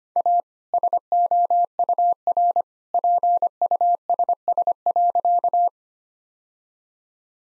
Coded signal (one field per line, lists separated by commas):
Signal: Morse code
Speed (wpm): 25 wpm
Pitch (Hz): 700 Hz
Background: none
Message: A SOUR PUSS.